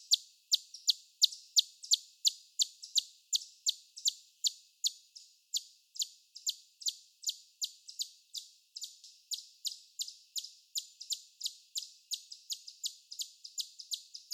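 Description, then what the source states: Chipmunk giving a long run of high, dry chips, close to three per second, some slightly doubled or uneven, continuing without pause. Chorus of chipmunk chip calls.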